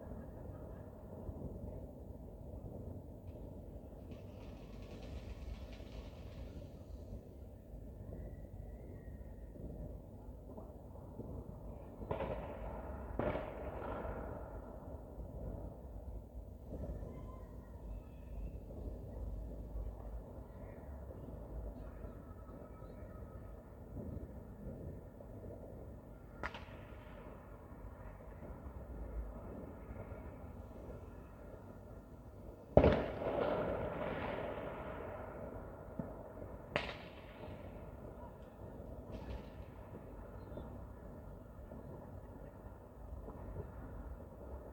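New Year's Eve fireworks pop and crackle over a low steady rumble, with one sharper bang near the thirty-three second mark.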